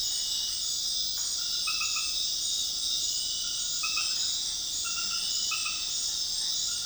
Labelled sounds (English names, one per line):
none